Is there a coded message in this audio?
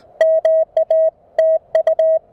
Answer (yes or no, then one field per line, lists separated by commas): yes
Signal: Morse code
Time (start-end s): 0.2-2.2 s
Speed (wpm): 19 wpm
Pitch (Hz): 590 Hz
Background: music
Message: MA TU